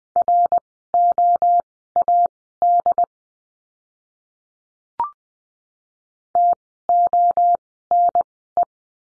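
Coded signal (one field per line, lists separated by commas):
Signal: Morse code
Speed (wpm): 20 wpm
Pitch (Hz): 700 Hz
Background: none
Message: ROAD TONE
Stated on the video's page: Morse lesson drill of words with letter D at Farnsworth speed 20/10 wpm.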